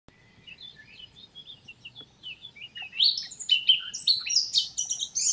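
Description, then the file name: Eurasian blackcap song starting with a quiet subdued twitter, then swelling into louder, richer warbled notes toward the end. "Sylvia atricapilla"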